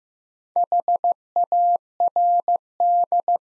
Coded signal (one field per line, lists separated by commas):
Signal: Morse code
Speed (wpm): 15 wpm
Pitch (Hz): 700 Hz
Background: none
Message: HARD